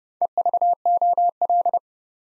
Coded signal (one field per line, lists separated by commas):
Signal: Morse code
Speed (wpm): 29 wpm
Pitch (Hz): 700 Hz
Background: none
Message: EVOL